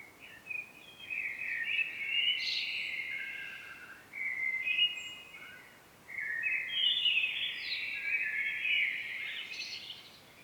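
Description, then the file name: Common blackbird song, with successive flowing phrases of rich whistled warbling, some rising into thin, higher notes, over light background hiss. "Turdus merula"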